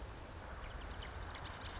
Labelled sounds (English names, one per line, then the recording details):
Marsh Wren
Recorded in Sonoma County, California